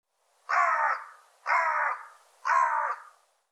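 Bird giving three harsh, hoarse caws, about one second apart, with quiet in between.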